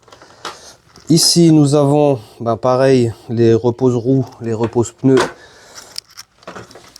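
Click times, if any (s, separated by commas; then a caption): none. Someone talks while handling the plastic strap clip on a wheel rest of a towbar bike carrier, working it open and then closed. A few short sharp clicks sound near the start, around 0.5 s, and a cluster of louder ones from about 6.0 s to the end. The clip is handled but nothing has seated or clicked home yet.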